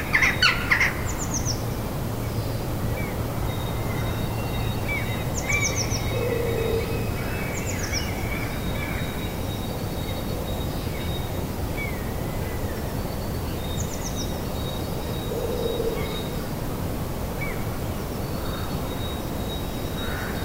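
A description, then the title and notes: A dawn chorus of birds at sunrise in a Danish city, with scattered chirps and short descending trills repeating every few seconds over a steady low rumble. A low hum runs through the first seven seconds, and a brief louder burst opens the clip. Bird chorus at sunrise in Danish city. A dawn chorus of chirping birds during sunrise in Denmark. It is a Saturday morning in late April.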